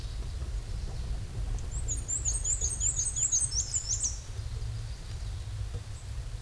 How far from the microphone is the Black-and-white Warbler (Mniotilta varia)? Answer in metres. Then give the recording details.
about 5 m. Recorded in a Pennsylvania forest on 18 May 2023 at 13:56. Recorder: AudioMoth, point grid1_9_low. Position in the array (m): 66 m, 101 m